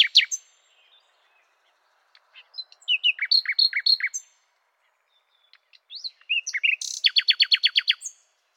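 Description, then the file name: Common nightingale song in varied phrases of sharp whistles and clicks, ending in a fast repeated run of about a dozen identical notes. "Luscinia megarhynchos"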